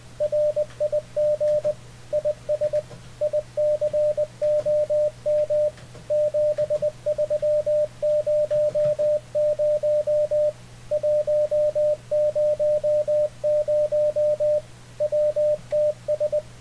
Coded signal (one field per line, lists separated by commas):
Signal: Morse code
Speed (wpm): 20 wpm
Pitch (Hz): 600 Hz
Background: radio noise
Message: RIG IS ICOM 7300 100 WTS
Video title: How to Send and Receive CW Ham Radio Deluxe HDR Icom 7300